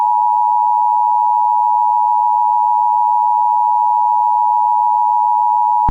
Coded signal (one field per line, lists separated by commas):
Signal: Emergency Alert System (SAME) tones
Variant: 853 and 960 Hz attention tone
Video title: [EAS Scenario/Analog Horror] Paralysis Outbreak